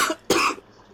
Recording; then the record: coughing mixed with background sound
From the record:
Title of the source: 64 coughing, allergies, singing lungs